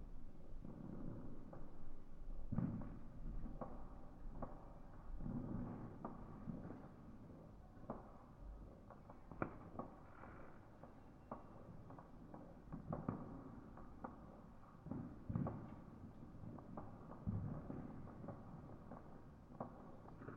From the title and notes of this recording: NYE 2020 Fireworks. A last-minute unplanned recording of fireworks being let off in our neighbourhood using the Sony PCM-M10 built-in mics. I'd never heard such a cacophony of fireworks let off at such quick succession for so long. It's slightly muffled as a result of recording indoors with the window only slightly open.